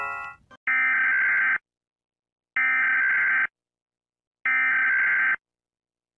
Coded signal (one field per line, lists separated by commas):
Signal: Emergency Alert System (SAME) tones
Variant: header bursts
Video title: RATING EAS ALARMS BASED ON HOW SCARY THEY ARE